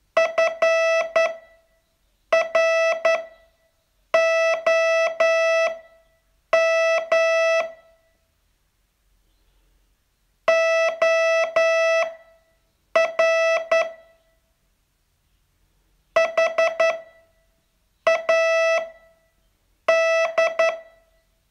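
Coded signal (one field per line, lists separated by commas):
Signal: Morse code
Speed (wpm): 11 wpm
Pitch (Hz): 660 Hz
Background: none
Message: FROM OR HAD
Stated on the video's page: Morse training test, day 39 of a 42-day course.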